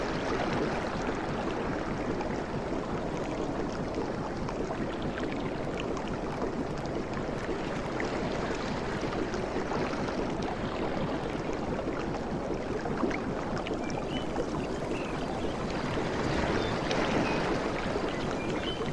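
Ocean waves wash steadily onto a tropical beach in a dense, even hiss of water, swelling slightly louder near the end.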